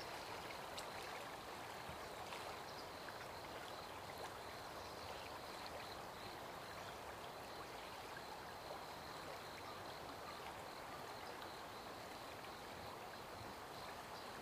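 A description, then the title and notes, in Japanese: A river flows leisurely with a steady, dense rush of water that stays even from start to finish. A thin high band runs throughout, likely insects or faint birds, and a few soft chirps come through near the first seconds and around four seconds. 悠々と流れる川の流れ 鳥たちの朝。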